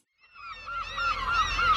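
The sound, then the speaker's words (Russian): Seagulls circling overhead cry hoarsely, several harsh, wavering calls overlapping one another and growing louder over a faint low rumble, with no voices present. “Они кричали хрипло, гортанно, как будто переругивались друг с другом.”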